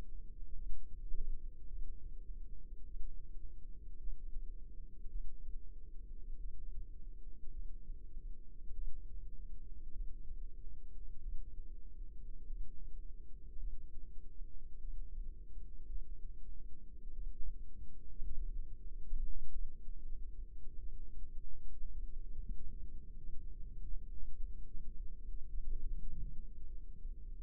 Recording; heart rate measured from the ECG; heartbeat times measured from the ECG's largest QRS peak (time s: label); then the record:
heart sounds by microphone in the left ear; 51 bpm
0.56 s: heartbeat
1.68 s: heartbeat
2.86 s: heartbeat
3.98 s: heartbeat
5.09 s: heartbeat
6.39 s: heartbeat
7.51 s: heartbeat
8.73 s: heartbeat
9.92 s: heartbeat
11.20 s: heartbeat
12.47 s: heartbeat
13.59 s: heartbeat
14.79 s: heartbeat
15.87 s: heartbeat
17.13 s: heartbeat
18.35 s: heartbeat
19.50 s: heartbeat
20.78 s: heartbeat
21.92 s: heartbeat
23.18 s: heartbeat
24.37 s: heartbeat
25.49 s: heartbeat
26.67 s: heartbeat
From the record:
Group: healthy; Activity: rest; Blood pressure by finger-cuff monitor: 107/63 mmHg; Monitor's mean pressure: 78 mmHg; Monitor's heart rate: 51 bpm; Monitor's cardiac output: 4.9 L/min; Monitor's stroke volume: 97 mL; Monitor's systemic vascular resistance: 1160 dyn s/cm5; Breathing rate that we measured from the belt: 21 breaths a minute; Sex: female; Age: 28 years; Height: 170 cm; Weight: 77 kg